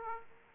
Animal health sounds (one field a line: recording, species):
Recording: mosquito wingbeat signal from an infrared sensor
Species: Aedes aegypti